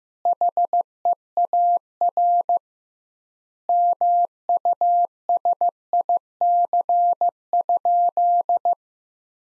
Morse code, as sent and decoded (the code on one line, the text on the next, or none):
.... . .- .-. / -- ..- ... .. -.-. ..--..
HEAR MUSIC?